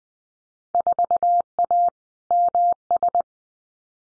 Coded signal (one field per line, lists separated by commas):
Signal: Morse code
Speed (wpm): 19 wpm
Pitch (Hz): 700 Hz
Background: none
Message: 4A MS